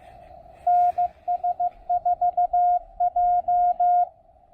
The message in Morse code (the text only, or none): NS4J